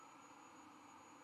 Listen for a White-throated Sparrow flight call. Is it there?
no